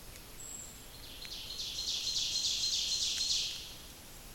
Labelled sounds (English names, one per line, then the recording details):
Ovenbird song
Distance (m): 35 m
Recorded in boreal forest in Alberta, Canada, on 28 May 2016 at 06:56
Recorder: SongMeter 3, array SBT-3-49
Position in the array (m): 75 m, 253 m
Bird 14